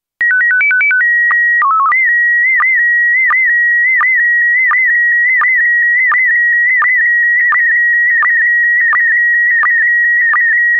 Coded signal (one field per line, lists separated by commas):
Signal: SSTV (slow-scan television)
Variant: PD 90